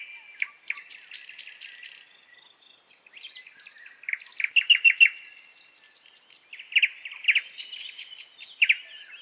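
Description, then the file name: Nightingale song: a run of fast repeated notes at first, then several bursts of loud, rapid notes separated by quieter gaps. "Ptichka solovey"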